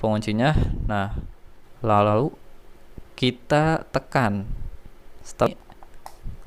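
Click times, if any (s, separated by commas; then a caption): 6.1 s. A CPU cooler push-pin fastener, after the cooler is turned, is pressed down through the motherboard mounting hole while someone talks. A sharp click at 6.1 s marks the pin locking into place, and the cooler is now seated.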